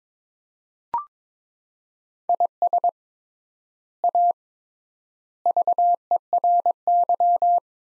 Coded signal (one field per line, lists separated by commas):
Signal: Morse code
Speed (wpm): 22 wpm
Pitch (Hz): 700 Hz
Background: none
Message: IS A VERY